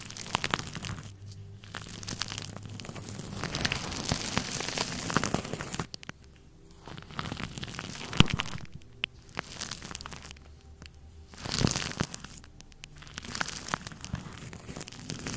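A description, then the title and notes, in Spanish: Foam fizzes and crackles in dense, irregular bursts, with brief quiet gaps near six and ten seconds and a louder pop near twelve. Sonido de espuma relajante para dormir.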